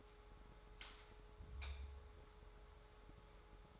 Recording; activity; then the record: daily activity, microphone in the room; light on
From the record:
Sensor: 3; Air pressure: 1010.2 hPa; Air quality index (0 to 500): 167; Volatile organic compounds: 9 ppm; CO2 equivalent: 2185 ppm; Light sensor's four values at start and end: 49/122/54/59 and 51/128/56/62